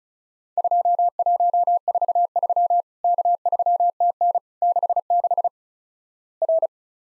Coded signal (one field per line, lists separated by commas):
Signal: Morse code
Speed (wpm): 34 wpm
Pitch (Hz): 700 Hz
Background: none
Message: 2143 K3TN 66 R